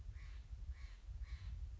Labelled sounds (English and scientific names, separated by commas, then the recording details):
Steller's Jay (Cyanocitta stelleri)
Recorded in Sonoma County, California